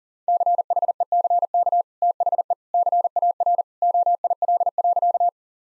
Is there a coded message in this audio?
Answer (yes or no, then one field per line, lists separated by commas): yes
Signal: Morse code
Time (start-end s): 0.3-5.3 s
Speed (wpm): 40 wpm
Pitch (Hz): 700 Hz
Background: none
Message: CHECK THE CAR OIL.